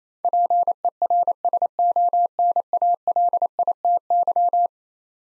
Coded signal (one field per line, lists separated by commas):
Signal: Morse code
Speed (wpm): 28 wpm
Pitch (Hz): 700 Hz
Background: none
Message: PERSONALITY